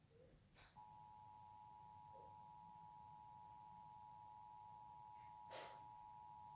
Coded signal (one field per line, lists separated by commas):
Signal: Emergency Alert System (SAME) tones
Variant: 853 and 960 Hz attention tone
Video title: EAS #11 Required monthly test on KYW part 2